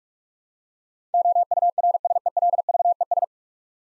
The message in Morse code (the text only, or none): OURSELVES